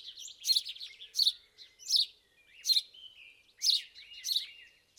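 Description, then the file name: House sparrow giving loud chirps repeated at a fairly steady pace, with softer notes in the brief gaps between them. "Passer domesticus"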